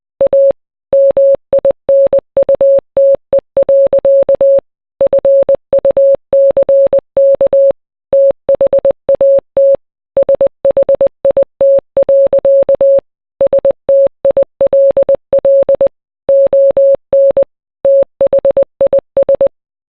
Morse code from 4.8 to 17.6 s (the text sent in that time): FUCK THAT SHIT. STILL ON